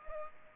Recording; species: mosquito wingbeat signal from an infrared sensor; Culex pipiens